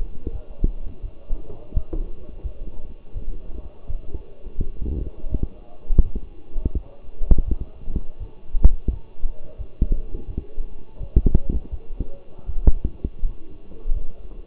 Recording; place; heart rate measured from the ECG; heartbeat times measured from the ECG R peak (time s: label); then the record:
heart sounds by stethoscope; between the tricuspid and mitral areas; 84 bpm
0.32 s: heartbeat
1.01 s: heartbeat
1.73 s: heartbeat
2.42 s: heartbeat
3.13 s: heartbeat
3.86 s: heartbeat
4.57 s: heartbeat
5.28 s: heartbeat
6.02 s: heartbeat
6.73 s: heartbeat
7.44 s: heartbeat
8.18 s: heartbeat
8.89 s: heartbeat
9.57 s: heartbeat
10.26 s: heartbeat
10.99 s: heartbeat
11.70 s: heartbeat
12.46 s: heartbeat
13.22 s: heartbeat
13.93 s: heartbeat
From the record:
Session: walking at 3.7 km/h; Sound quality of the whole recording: partially saturated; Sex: male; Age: 24 years